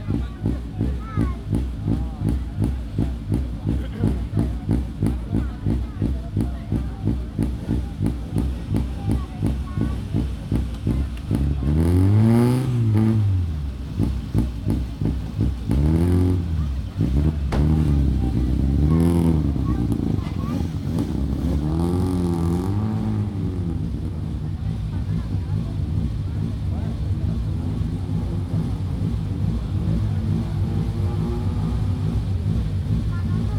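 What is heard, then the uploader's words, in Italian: Cars starting and idling on a small piazza, a steady rapid engine throb, with voices talking over it around the middle. Die Quelle der absurden Autos war la Piazza Piccola di Sassuolo. Hab' ich also dort die startenden Autos aufgenommen und gestaunt, wie unterschiedlich die doch klingen.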